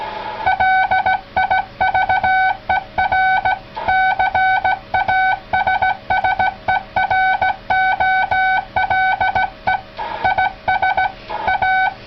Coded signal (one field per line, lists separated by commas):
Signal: Morse code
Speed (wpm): 15 wpm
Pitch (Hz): 760 Hz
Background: none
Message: LIVER CASSEROLE IS A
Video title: CW Thoughts... by Howard WB2UZE - Sending with a Straight Key